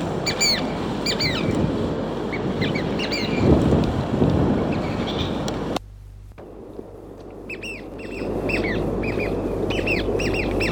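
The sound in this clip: Chatham Island oystercatcher giving scattered shrill piping calls at the start and a livelier burst near the end, over loud rushing noise.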